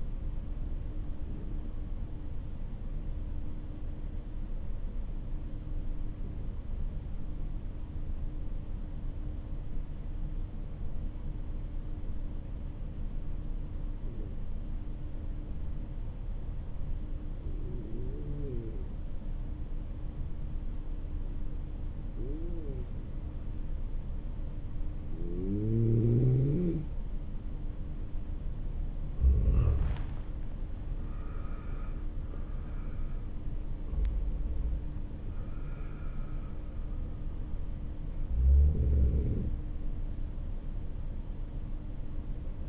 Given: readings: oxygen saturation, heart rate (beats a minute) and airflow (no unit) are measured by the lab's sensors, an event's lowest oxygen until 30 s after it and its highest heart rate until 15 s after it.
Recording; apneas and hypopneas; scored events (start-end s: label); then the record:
breathing in sleep by a smartphone at the bedside; 1
3.00-29.90 s: hypopnea (N2, oxygen 96% highest, then 91% lowest, heart rate 48 at the start, 54 highest)
From the record:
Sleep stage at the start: N2 (light sleep); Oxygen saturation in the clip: 92 to 96%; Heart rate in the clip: 47 to 54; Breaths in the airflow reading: 8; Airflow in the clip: -9.4 to 9.6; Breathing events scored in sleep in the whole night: 304 in 5.6 hours asleep